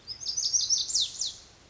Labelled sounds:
Lazuli Bunting (Passerina amoena)
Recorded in Sonoma County, California

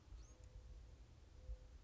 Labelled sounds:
Mourning Dove (Zenaida macroura)
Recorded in Sonoma County, California

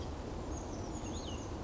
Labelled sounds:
Chestnut-backed Chickadee (Poecile rufescens)
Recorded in Sonoma County, California

